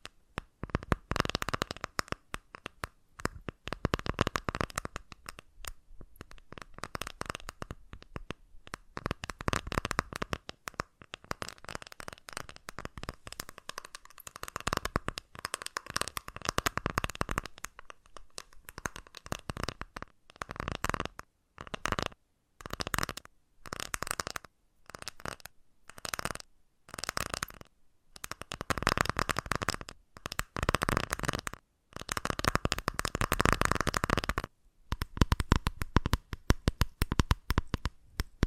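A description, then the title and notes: Crisp tapping and scratching, rapid and dense for the first twenty seconds with a faint steady tone underneath. Afterward it breaks into short bursts of quick, clicky strokes, each lasting a second or two, separated by brief silences. Invisible Tapping, Scratching, Tracing (No Talking).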